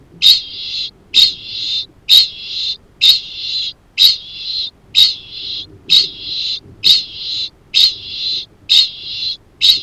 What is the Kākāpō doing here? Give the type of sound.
ching call